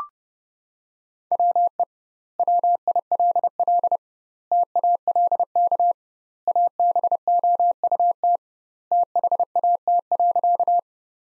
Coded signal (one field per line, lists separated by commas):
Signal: Morse code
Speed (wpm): 30 wpm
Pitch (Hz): 700 Hz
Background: none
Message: WE WILL TALK ABOUT THAT.